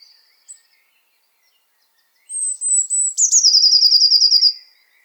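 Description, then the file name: Eurasian blue tit call: a thin high note, then a drawn-out whistle leading into a rapid buzzy trill of repeated notes lasting over a second. "Cyanistes caeruleus"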